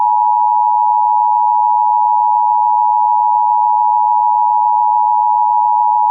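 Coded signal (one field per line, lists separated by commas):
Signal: Emergency Alert System (SAME) tones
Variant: 853 and 960 Hz attention tone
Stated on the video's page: EAS interruptions within TV severe weather coverage, captured off-air during a nearby tornado.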